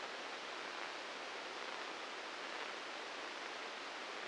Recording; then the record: brain microelectrode recording played as sound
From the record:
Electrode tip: inside the subthalamic nucleus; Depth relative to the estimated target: -2 mm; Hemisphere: right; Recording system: NeuroSet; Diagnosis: Parkinson's disease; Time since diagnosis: 8 years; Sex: male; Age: 59 years